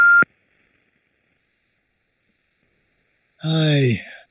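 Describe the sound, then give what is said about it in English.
A single short electronic beep from an answering machine, a steady mid-high tone, followed by a long silence and then a brief burst of a person's voice. “Please leave your message after the beep.”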